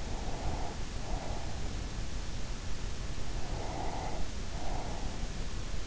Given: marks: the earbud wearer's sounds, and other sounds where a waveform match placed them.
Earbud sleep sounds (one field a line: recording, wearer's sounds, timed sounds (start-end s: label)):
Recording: sounds in sleep by an in-ear microphone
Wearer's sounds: breath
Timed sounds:
0.04-1.96 s: breath
3.36-5.53 s: breath